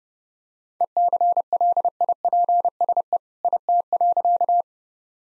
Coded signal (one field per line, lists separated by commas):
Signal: Morse code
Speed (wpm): 32 wpm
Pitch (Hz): 700 Hz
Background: none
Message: ECLIPSE IT.